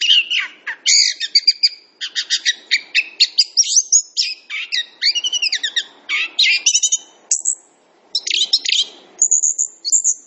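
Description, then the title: Orange-headed thrush song, a fast varied stream of sweet whistles, slurred notes and buzzy trills jumping between high and middle pitches, with brief pauses. Singing persistently and energetically, described as 'gacor'; song praised as very good. "Anis Kembang Gacor. Kicau Anis Kembang Sangat Bagus"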